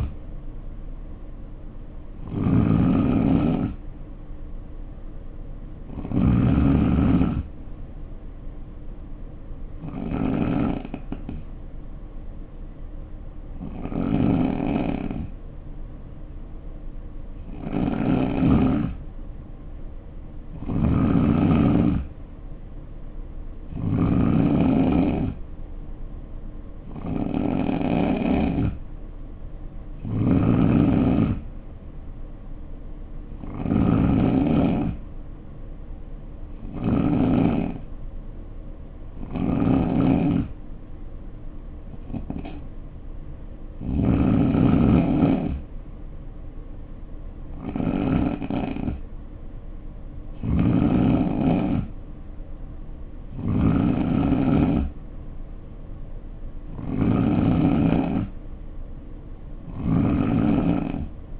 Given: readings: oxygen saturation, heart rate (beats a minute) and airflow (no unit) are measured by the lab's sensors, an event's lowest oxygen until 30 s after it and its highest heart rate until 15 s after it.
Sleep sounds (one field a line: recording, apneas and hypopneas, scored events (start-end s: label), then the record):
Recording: breathing in sleep by a smartphone at the bedside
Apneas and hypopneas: 1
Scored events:
9.00-22.40 s: hypopnea (N3, oxygen 91% highest, then 88% lowest, heart rate 62 at the start, 66 highest)
From the record:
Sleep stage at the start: N3 (deep sleep)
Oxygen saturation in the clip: 88 to 91%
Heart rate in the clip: 59 to 67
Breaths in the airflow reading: 18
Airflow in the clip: -5.4 to 3.3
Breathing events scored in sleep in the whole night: 520 in 7.2 hours asleep